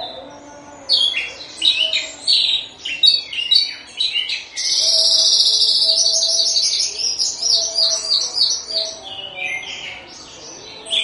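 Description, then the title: Horsfield's bush lark giving scratchy, varied high notes that build into a long, dense buzzing and trilling run around the middle, with faint low tones beneath. Situbondo, East Java. "Branjangan Javanica Ktp Situbondo Jatim"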